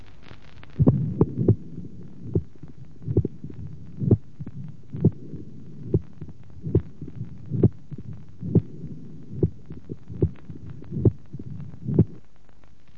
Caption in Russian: Типичная мелодия митрального стеноза, хлопающий первый тон, тон открытия митрального клапана, диастолический шум с пресистолическим усилением.